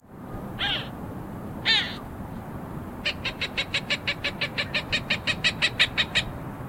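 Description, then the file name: Cooper's hawk calling: two harsh squeals, then a rapid series of many sharp kek notes that grow louder, over a low rumbling background. "Accipiter cooperii - Cooper's Hawk"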